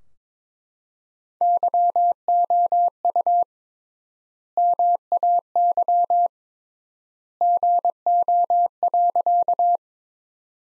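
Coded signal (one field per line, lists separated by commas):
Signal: Morse code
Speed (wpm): 21 wpm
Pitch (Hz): 700 Hz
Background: none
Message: YOU MAY GO.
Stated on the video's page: Morse practice sentences from the top 100 words at 22 wpm with 3x standard word spacing, a word-level Farnsworth-like method.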